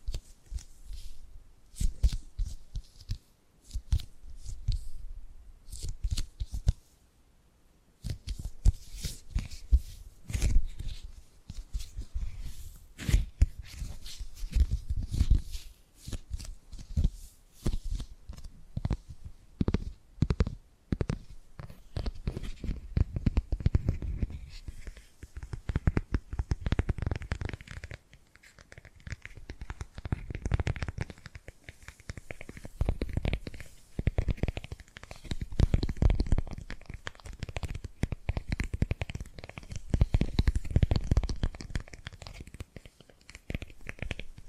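Dense, irregular tapping and gripping sounds, crisp clicks and rustles in quick bursts, with a brief silence near seven seconds and heavier thumps later.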